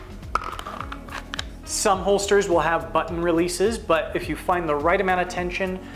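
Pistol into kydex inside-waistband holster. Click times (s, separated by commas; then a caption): 0.3 s. A pistol is pushed into a Kydex thermoplastic inside-waistband holster and snaps into its passive retention with a sharp click at 0.4 s, followed by a few softer clicks and taps. The pistol is seated in the holster, and then someone talks over background music.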